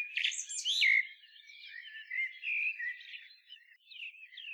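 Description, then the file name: Common blackbird singing: a loud twittery squeak and a downward fluted slide, then a continuous run of softer warbled and whistled notes. "Turdus merula"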